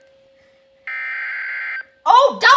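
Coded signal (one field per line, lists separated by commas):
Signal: Emergency Alert System (SAME) tones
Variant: header bursts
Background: speech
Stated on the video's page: Flood Warning alerts received on weather radio station KHB31 and on AM 980 broadcast station.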